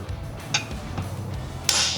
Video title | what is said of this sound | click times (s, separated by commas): Convert Your Can-Am Full Doors to Half Doors for the Summer! | but I want you to hear the audible two clicks. | 1.7 s